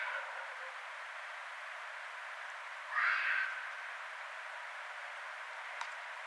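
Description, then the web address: Red fox call: a single short, harsh, hoarse bark-like burst near the middle, set against steady background hiss, with a faint click toward the end. Recorded 6 February 2012. "sounds mammals Red Fox 2012 02 06 Red Fox"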